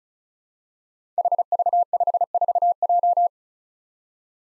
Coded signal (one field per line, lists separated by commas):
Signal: Morse code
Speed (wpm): 36 wpm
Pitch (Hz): 700 Hz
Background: none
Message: HV54J